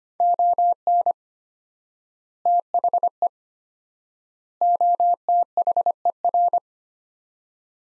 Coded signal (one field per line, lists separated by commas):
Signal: Morse code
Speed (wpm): 25 wpm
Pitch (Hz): 700 Hz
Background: none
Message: ON THE OTHER